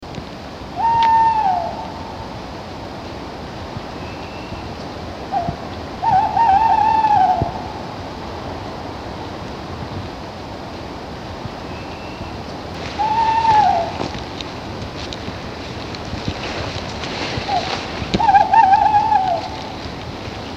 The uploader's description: TAWNY OWL (Strix aluco)